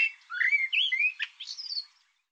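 Bird song: a quick varied phrase of whistled slurs and upswept notes, rising and falling, with a few buzzy bursts, lasting about two seconds before falling silent.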